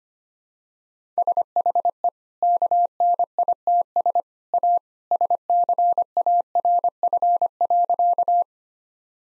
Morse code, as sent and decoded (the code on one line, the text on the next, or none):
... .... . / -.- -. .. - ... / .- / ... -.-. .- .-. ..-. .-.-.-
SHE KNITS A SCARF.